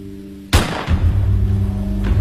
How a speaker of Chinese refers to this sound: 一声枪响，陈东惊醒了过来